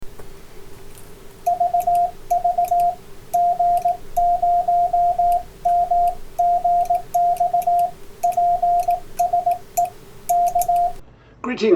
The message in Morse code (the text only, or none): VV G0MGX PSE K